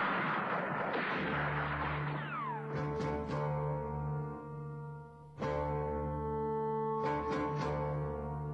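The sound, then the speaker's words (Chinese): A gunfire and artillery sound effect marking the gunfire at Lugou Bridge (Marco Polo Bridge), China: a dense rumbling burst opens, then scattered sharp gunshots crack in short clusters of two or three over a sustained, droning musical tone that holds steady throughout. “当卢沟桥响起了枪声”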